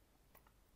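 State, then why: Seated. A small plastic clip-on accessory for a Skull & Co. GripCase Lite protective case on a Nintendo Switch Lite Hyrule Edition handheld console is pushed into place. A single sharp crack is heard at 0.4 seconds over a quiet background, followed by a fainter tick just after. The accessory clips in and is seated.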